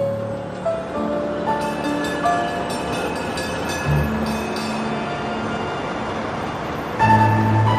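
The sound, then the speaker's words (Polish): A tram rumbles steadily along its rails, with low droning tones, squealing metallic overtones and occasional clanks. The sound swells briefly louder near the end, with no voices. “Cywilizacji tramwajów dzwoniących i cywilizacji niedzwoniących.”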